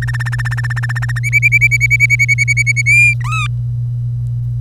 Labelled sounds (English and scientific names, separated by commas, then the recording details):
Domestic Canary (Serinus canaria) song
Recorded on 25 April 2018 at 06:57
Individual llb3